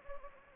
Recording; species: mosquito wingbeat signal from an infrared sensor; Anopheles gambiae